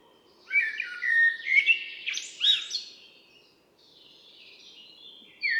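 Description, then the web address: Common blackbird singing one rich warbling phrase ending in a thin, scratchy flourish, then near quiet before a new phrase begins at the end. "Mirlo común"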